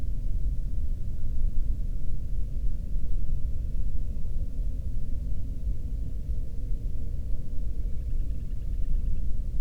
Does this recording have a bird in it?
yes